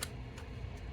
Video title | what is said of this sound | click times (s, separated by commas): Shadowfoil props/ korbanth Arcann proffie 3.9 neopixel lightsaber | When you get that tightness just right on that sleeve, you can actually hear it and feel it snap into place to where it should be. | 0.0 s